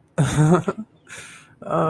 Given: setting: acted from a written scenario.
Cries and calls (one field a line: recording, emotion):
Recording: vocal sound without words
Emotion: elation